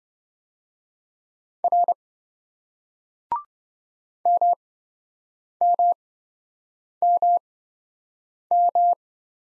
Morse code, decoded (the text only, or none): R MMMM